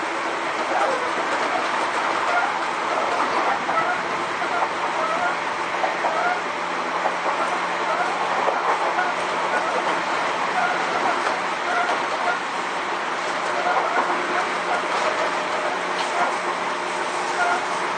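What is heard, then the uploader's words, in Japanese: A Sotetsu New 7000 series train running between Ebina and Yokohama gives a steady, dense roar that holds an even level for the whole stretch. A low hum sits underneath, with faint rattles and small knocks scattered through the rumble. 相鉄新7000系 海老名〜横浜。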